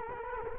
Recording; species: mosquito wingbeat signal from an infrared sensor; Culex quinquefasciatus